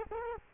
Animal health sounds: mosquito wingbeat signal from an infrared sensor; Culex quinquefasciatus

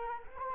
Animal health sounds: mosquito wingbeat signal from an infrared sensor; Culex quinquefasciatus

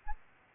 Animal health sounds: mosquito wingbeat signal from an infrared sensor; Aedes albopictus

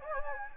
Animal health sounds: mosquito wingbeat signal from an infrared sensor; Anopheles gambiae

